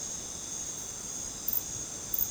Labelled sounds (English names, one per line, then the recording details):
none
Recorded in dense forest near Puerto Asís, Putumayo, Colombia, on 13 March 2025 at 19:00
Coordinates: 0.486, -76.317
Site G053